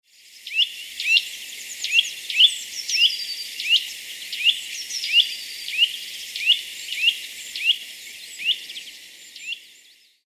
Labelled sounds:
Eurasian Nuthatch (Sitta europaea)
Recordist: Tembrock, Günter
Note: Rufreihe

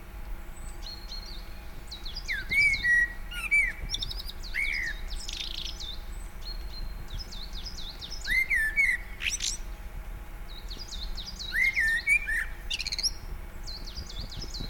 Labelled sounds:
Common Blackbird (Turdus merula)
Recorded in the wild
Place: Naturfreundehaus - Üdersee, Nationalpark Untere Oder, Brandenburg, DE
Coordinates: 52.85, 13.68
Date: 1996-03-25 17:41
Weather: bedeckt, 3°C
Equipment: Sony MD-WM MZ-R3, Sennheiser ME 80, Kopie Uher 4000 Report Monitor
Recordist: Tembrock, Günter

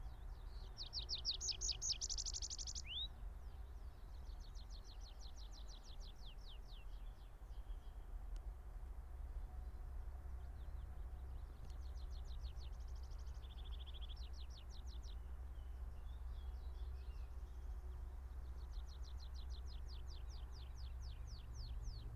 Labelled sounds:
Tree Pipit (Anthus trivialis) song
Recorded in the wild
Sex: male
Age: adult
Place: Hobrechtsfelder Rieselfelder, Naturpark Barnim, Brandenburg, DE
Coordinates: 52.6764, 13.5108
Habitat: open country
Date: 2006-04-20
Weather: fair, ca. 12°C, no wind
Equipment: Edirol R-4, Sennheiser MKH 70, Windkorb
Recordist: Frommolt, Karl-Heinz
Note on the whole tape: Ehemalige Rieselflächen südlich des NSG "Schönower Heide": Gesang eines Baumpiepers. Tier gesehen. Entfernung ca. 12 bis 15 m

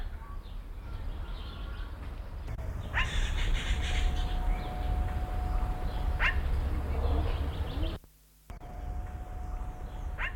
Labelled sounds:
Golden Myna (Mino anais) call
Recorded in captivity
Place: Zoo Berlin, Berlin, DE
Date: 1992-07-11 12:10
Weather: bedeckt, z.T. Regen, 17-22°C
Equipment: Marantz CP 430, Sennheiser ME 80, Kopie Tesla B 116
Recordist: Tembrock, Günter

